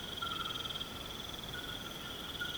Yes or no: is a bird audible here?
no